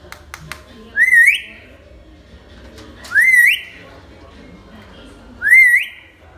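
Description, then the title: Hill myna repeating a loud, rich, rising whistle three times, about every two seconds, after a few faint clicks. Hill myna (beo) described as gacor, recorded as a tutor (masteran) recording for training other birds. "Suara Burung Beo Gacor Cocok Untuk Masteran"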